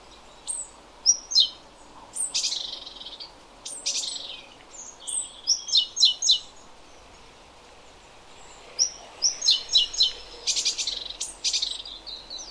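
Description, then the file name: Great tit uttering thin high notes mixed with scratchy buzzy bursts, in two busy runs with a quieter gap between. "Parus major"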